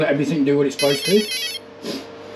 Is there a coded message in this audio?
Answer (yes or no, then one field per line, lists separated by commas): no